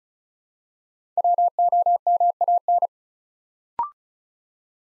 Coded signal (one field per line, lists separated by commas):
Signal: Morse code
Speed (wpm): 36 wpm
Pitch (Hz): 700 Hz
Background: none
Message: WOMAN